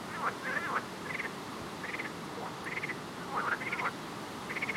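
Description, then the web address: Frogs calling, short nasal chirps and trills against a continuous hissing background. "Soundscape Frog 1"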